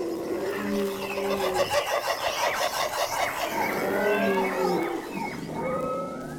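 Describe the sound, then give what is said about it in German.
Overlapping calls of duck-billed dinosaurs with trumpet-like bony head crests: the barking warning call of Edmontosaurus, the low booming of Parasaurolophus and the choppy trumpeting of Lambeosaurus, with rising squeals, sustained for several seconds with no talking. “Dem bellenden Warnruf des Edmontosaurus antwortet das dumpfe Röhren des Parasaurolophus und das abgehackte Tröten des Lambeosaurus vervollständigt den Dreigesang.”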